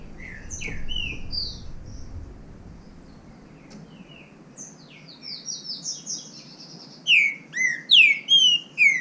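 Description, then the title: Green-winged saltator: scattered high notes and chirps, then a closing string of strong, repeated downward-curving whistles. Bird named Nicão singing in the bush, in a song contest with a free-living wild bird. "Trinca Ferro NICÃO No Mato Disputando Com Solto"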